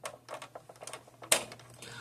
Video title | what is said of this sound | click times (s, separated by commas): Magnavox dvd vcr combo repair attempt part 1 | Alright, it snaps in place. | 1.3 s